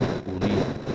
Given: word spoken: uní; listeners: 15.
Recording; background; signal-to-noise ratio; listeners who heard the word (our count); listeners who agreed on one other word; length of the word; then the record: one Spanish word in noise, from a listening test; noise modulated by three-talker babble; -3.2 dB; 0 of 15; 6 of 15; 0.55 s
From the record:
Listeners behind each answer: 6, 2, 2, 1, 1, 1, 1, 1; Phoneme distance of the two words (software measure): 7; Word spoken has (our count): 2 syllables, 3 phonemes, stress on syllable 2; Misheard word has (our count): 2 syllables, 4 phonemes, stress on syllable 2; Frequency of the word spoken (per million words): 0.38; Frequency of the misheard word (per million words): 10.47